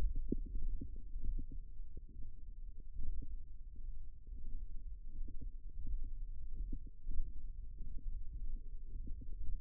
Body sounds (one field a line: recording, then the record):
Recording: forearm muscle sounds (acoustic myography)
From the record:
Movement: thumb flexion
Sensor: system 1, eight BSWA MPA416 microphones around the upper forearm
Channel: 8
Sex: male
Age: 23 years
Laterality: right